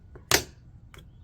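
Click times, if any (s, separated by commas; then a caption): 0.3 s. A new plastic rear window switch for a 2014 GMC Acadia is lined up with the button hole on the correct side and pushed into the rear door trim panel. After a faint tick, it snaps into place with one sharp, bright snap at 0.3 s, followed later by a quieter double tick. The switch is locked in.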